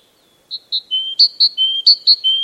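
Great tit giving clear whistled notes, repeating a pattern of two higher notes followed by a lower one, after a short silence.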